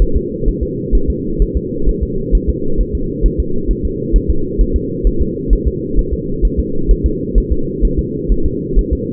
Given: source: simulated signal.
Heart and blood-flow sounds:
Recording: fetal heart sounds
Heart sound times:
0.02 s: S1
0.16 s: S2
0.48 s: S1
0.63 s: S2
0.95 s: S1
1.10 s: S2
1.42 s: S1
1.57 s: S2
1.89 s: S1
2.03 s: S2
2.35 s: S1
2.50 s: S2
2.81 s: S1
2.95 s: S2
3.26 s: S1
3.40 s: S2
3.71 s: S1
3.85 s: S2
4.16 s: S1
4.30 s: S2
4.61 s: S1
4.76 s: S2
5.07 s: S1
5.22 s: S2
5.53 s: S1
5.67 s: S2
5.99 s: S1
6.13 s: S2
6.45 s: S1
6.59 s: S2
6.91 s: S1
7.06 s: S2
7.38 s: S1
7.52 s: S2
7.85 s: S1
7.99 s: S2
8.32 s: S1
8.46 s: S2
8.79 s: S1
8.93 s: S2
From the record:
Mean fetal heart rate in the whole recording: 130 bpm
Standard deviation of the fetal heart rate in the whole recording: 2 bpm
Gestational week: 36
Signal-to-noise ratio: -8.1 dB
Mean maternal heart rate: 72 bpm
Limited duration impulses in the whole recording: absent

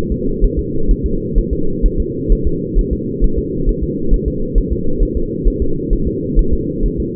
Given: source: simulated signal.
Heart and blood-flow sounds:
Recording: fetal heart sounds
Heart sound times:
0.12 s: S2
0.44 s: S1
0.59 s: S2
0.91 s: S1
1.06 s: S2
1.38 s: S1
1.53 s: S2
1.86 s: S1
2.00 s: S2
2.32 s: S1
2.47 s: S2
2.79 s: S1
2.93 s: S2
3.24 s: S1
3.38 s: S2
3.69 s: S1
3.83 s: S2
4.14 s: S1
4.28 s: S2
4.58 s: S1
4.72 s: S2
5.03 s: S1
5.17 s: S2
5.48 s: S1
5.62 s: S2
5.93 s: S1
6.07 s: S2
6.39 s: S1
6.53 s: S2
6.86 s: S1
7.00 s: S2
From the record:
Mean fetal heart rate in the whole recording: 130 bpm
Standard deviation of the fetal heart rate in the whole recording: 4 bpm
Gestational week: 38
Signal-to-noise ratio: -8.1 dB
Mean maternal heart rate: 72 bpm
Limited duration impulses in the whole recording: absent

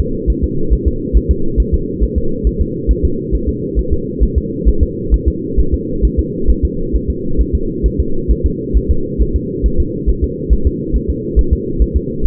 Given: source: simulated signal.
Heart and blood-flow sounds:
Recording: fetal heart sounds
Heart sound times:
0.00 s: S2
0.30 s: S1
0.44 s: S2
0.73 s: S1
0.88 s: S2
1.17 s: S1
1.31 s: S2
1.60 s: S1
1.74 s: S2
2.03 s: S1
2.18 s: S2
2.47 s: S1
2.61 s: S2
2.91 s: S1
3.05 s: S2
3.35 s: S1
3.49 s: S2
3.79 s: S1
3.93 s: S2
4.23 s: S1
4.38 s: S2
4.69 s: S1
4.83 s: S2
5.14 s: S1
5.28 s: S2
5.60 s: S1
5.74 s: S2
6.05 s: S1
6.19 s: S2
6.50 s: S1
6.65 s: S2
6.96 s: S1
7.10 s: S2
7.41 s: S1
7.55 s: S2
7.86 s: S1
8.00 s: S2
8.31 s: S1
8.46 s: S2
8.77 s: S1
8.91 s: S2
9.22 s: S1
9.36 s: S2
9.66 s: S1
9.80 s: S2
10.09 s: S1
10.24 s: S2
10.53 s: S1
10.67 s: S2
10.96 s: S1
11.10 s: S2
11.39 s: S1
11.53 s: S2
11.82 s: S1
11.97 s: S2
12.26 s: S1
From the record:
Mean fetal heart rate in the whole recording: 135 bpm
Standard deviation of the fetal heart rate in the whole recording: 3 bpm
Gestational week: 34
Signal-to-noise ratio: -8.1 dB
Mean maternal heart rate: 72 bpm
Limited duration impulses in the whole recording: absent

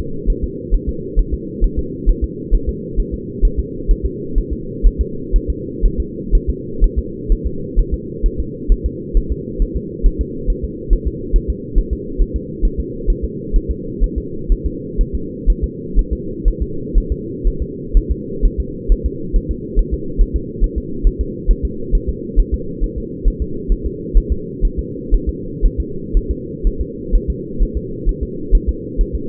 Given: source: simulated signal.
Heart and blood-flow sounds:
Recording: fetal heart sounds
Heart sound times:
0.30 s: S1
0.44 s: S2
0.74 s: S1
0.89 s: S2
1.19 s: S1
1.34 s: S2
1.64 s: S1
1.79 s: S2
2.09 s: S1
2.24 s: S2
2.55 s: S1
2.69 s: S2
3.00 s: S1
3.14 s: S2
3.45 s: S1
3.59 s: S2
3.91 s: S1
4.06 s: S2
4.38 s: S1
4.53 s: S2
4.87 s: S1
5.01 s: S2
5.36 s: S1
5.50 s: S2
5.86 s: S1
6.00 s: S2
6.35 s: S1
6.50 s: S2
6.84 s: S1
6.98 s: S2
7.32 s: S1
7.47 s: S2
7.79 s: S1
7.94 s: S2
8.26 s: S1
8.40 s: S2
8.72 s: S1
8.86 s: S2
9.17 s: S1
9.32 s: S2
9.62 s: S1
9.77 s: S2
10.06 s: S1
10.21 s: S2
10.50 s: S1
10.64 s: S2
10.93 s: S1
11.08 s: S2
11.36 s: S1
11.50 s: S2
11.78 s: S1
11.93 s: S2
12.22 s: S1
12.36 s: S2
12.65 s: S1
12.80 s: S2
13.10 s: S1
13.25 s: S2
13.56 s: S1
13.71 s: S2
14.04 s: S1
14.18 s: S2
14.52 s: S1
14.66 s: S2
15.01 s: S1
15.15 s: S2
15.50 s: S1
15.64 s: S2
15.99 s: S1
16.13 s: S2
16.48 s: S1
16.62 s: S2
16.98 s: S1
17.12 s: S2
17.47 s: S1
17.62 s: S2
17.97 s: S1
18.11 s: S2
18.45 s: S1
18.60 s: S2
18.92 s: S1
19.06 s: S2
19.36 s: S1
19.51 s: S2
19.79 s: S1
19.94 s: S2
20.21 s: S1
20.36 s: S2
20.64 s: S1
20.78 s: S2
21.07 s: S1
21.21 s: S2
21.51 s: S1
21.65 s: S2
21.95 s: S1
22.09 s: S2
22.39 s: S1
22.54 s: S2
22.84 s: S1
22.98 s: S2
23.28 s: S1
23.42 s: S2
23.72 s: S1
23.86 s: S2
24.17 s: S1
24.32 s: S2
24.65 s: S1
24.79 s: S2
25.14 s: S1
25.29 s: S2
25.65 s: S1
25.80 s: S2
26.17 s: S1
26.31 s: S2
26.67 s: S1
26.81 s: S2
27.15 s: S1
27.30 s: S2
27.63 s: S1
27.77 s: S2
28.09 s: S1
28.23 s: S2
28.55 s: S1
28.69 s: S2
29.01 s: S1
29.15 s: S2
From the record:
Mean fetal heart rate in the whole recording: 130 bpm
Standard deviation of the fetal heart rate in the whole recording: 4 bpm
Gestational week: 38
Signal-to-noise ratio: -4.3 dB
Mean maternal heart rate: 72 bpm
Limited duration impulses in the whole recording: absent

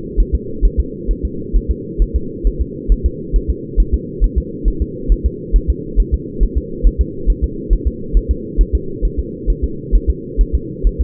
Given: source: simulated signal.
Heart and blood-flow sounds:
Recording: fetal heart sounds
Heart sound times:
0.20 s: S1
0.35 s: S2
0.65 s: S1
0.80 s: S2
1.11 s: S1
1.25 s: S2
1.56 s: S1
1.71 s: S2
2.02 s: S1
2.16 s: S2
2.47 s: S1
2.61 s: S2
2.92 s: S1
3.06 s: S2
3.36 s: S1
3.50 s: S2
3.80 s: S1
3.94 s: S2
4.24 s: S1
4.38 s: S2
4.68 s: S1
4.82 s: S2
5.12 s: S1
5.26 s: S2
5.56 s: S1
5.70 s: S2
6.00 s: S1
6.14 s: S2
6.43 s: S1
6.58 s: S2
6.87 s: S1
7.01 s: S2
7.30 s: S1
7.44 s: S2
7.73 s: S1
7.87 s: S2
8.17 s: S1
8.31 s: S2
8.61 s: S1
8.75 s: S2
9.05 s: S1
9.19 s: S2
9.50 s: S1
9.64 s: S2
9.95 s: S1
10.10 s: S2
10.41 s: S1
10.55 s: S2
10.87 s: S1
11.01 s: S2
From the record:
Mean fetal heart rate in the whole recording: 135 bpm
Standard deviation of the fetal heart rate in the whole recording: 3 bpm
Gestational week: 36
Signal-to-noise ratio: -4.3 dB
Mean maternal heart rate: 72 bpm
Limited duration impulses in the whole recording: absent

